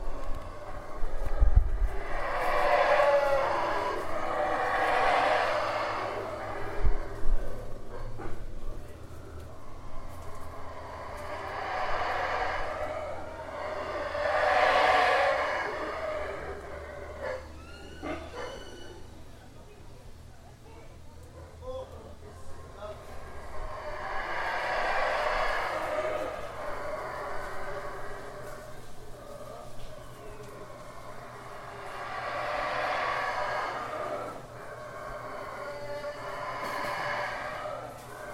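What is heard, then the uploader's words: Howler monkeys roar in long, swelling waves, rising and fading about every ten seconds, with a quieter lull near the middle. The calls are deep and throaty, pulsing rather than steady, over a constant low rumble and a few faint knocks in the background. Howler Monkeys in the Jungle: The Sound of the Rainforest.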